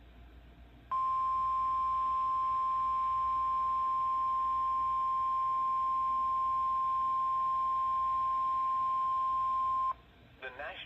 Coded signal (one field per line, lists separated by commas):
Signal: Emergency Alert System (SAME) tones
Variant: 1050 Hz attention tone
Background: speech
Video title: June 30th, 2024 Severe Thunderstorm Warning for Coos, Grafton, Carroll Counties, NH - EAS 6.